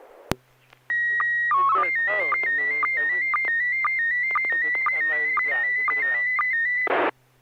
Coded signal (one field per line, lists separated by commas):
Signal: SSTV (slow-scan television)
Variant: PD 120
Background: speech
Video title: N6NA SSTV Net - 04/07/2021